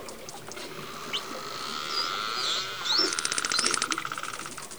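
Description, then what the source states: Dolphin whistles, with a steady tonal whistle and higher short sweeps, then a fast buzzing click train through the last two seconds. Recorded underwater; dolphins communicating.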